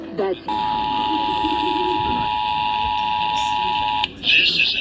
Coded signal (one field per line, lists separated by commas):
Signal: Emergency Alert System (SAME) tones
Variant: 853 and 960 Hz attention tone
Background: speech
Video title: EAS/NWR Alert or message #1332-1337: 2023 National Periodic Test (2023 National EAS Test)